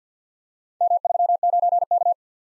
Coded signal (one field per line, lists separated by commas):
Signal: Morse code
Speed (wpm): 47 wpm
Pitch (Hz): 700 Hz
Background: none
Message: M39K